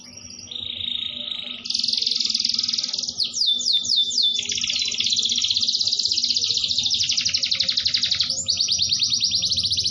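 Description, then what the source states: Canary singing a long stream of rolling trills and rapid sweeping notes, shifting pitch between phrases, over a constant low hum. Song style called cengkok, described as luxurious (mewah).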